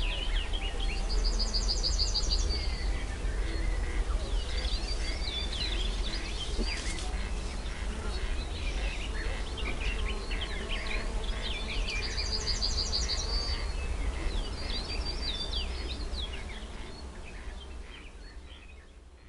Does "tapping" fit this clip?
no